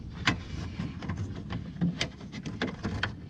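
An LED headlight bulb is handled at the headlight housing of a 2017 GMC Yukon, to be turned counterclockwise so its tabs catch the pins. Short sharp plastic-like ticks and scrapes occur around 0.3, 2.0, 2.6 and 3.0 seconds over low background rumble. Nothing has seated or clicked yet.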